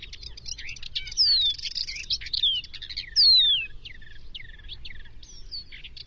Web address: crested lark call